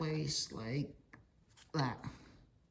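A plastic part near the tank breather is pushed by hand back into a chainsaw housing, with someone talking over faint handling noises. Nothing has seated or clicked yet.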